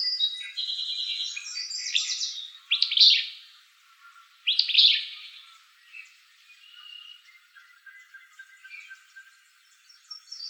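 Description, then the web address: Willow flycatcher song: two sharp, buzzy, sneezing bursts about two seconds apart, with softer chirps and other high bird notes before and after. Recorded in Arizona. "Flycatchers WIFL"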